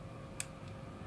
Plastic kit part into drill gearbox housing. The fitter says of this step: now that one snapped I heard it